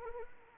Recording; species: mosquito wingbeat signal from an infrared sensor; Anopheles arabiensis